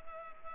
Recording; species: mosquito wingbeat signal from an infrared sensor; Culex pipiens